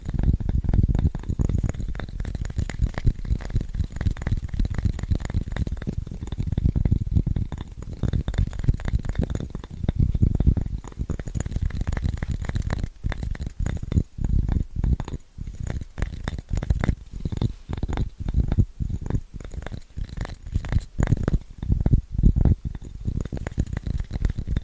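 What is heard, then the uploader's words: Fast, scratchy tapping runs throughout in dense, irregular bursts, mostly low and rough, with sharper, brighter clicks growing more frequent toward the end. ASMR Fast & Scratchy Tapping (No Talking).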